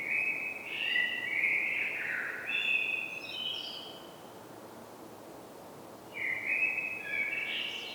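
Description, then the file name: Common blackbird song: two bursts of rich whistled warbling with high twittering tails, separated by about two seconds of quiet hiss. "Turdus merula"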